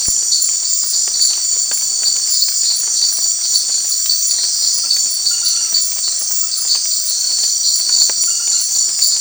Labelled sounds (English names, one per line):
none